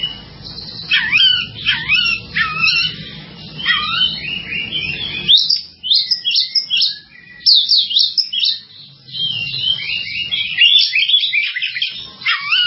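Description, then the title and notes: Bird song, a long continuous warble of rapid swooping whistles and chattering notes, briefly softer midway, with low hum in places. "Bird Sound. Kicau Burung Lengkap"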